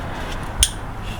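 A wiring harness connector is pushed onto a knock sensor during a 6T70 transmission install, with its safety clip already lifted. A single short, sharp click at 0.6 s stands out above quiet background hiss. The connector is seated.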